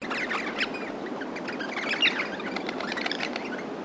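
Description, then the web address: Rosellas calling, a dense run of chattering, squawky notes throughout, with one brief clear whistled note near the middle. Several rosellas calling. "Sound Effects-Foundation 1 BIRDS ROSELLAS CALLING"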